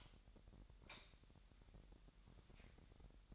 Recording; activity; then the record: daily activity, microphone in the room; light on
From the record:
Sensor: 3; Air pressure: 1011.9 hPa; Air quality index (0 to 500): 228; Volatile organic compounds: 4 ppm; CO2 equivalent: 1694 ppm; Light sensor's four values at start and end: 14/32/14/14 and 16/41/17/17